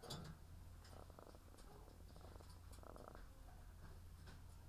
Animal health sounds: poultry house recording; sick chickens (respiratory disease)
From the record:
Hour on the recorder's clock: 17

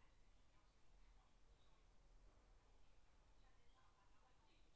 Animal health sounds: poultry house recording; no chicken sound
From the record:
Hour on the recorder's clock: 16

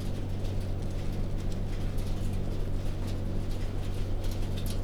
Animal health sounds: poultry house recording; no chicken sound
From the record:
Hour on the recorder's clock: 21

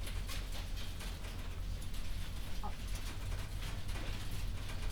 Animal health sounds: poultry house recording; healthy chickens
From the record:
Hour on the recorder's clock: 0

